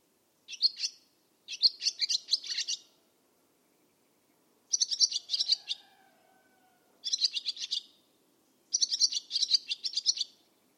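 Barn swallow calls in five rapid, high-pitched chattering bursts separated by short pauses, with a faint low whistle in one gap.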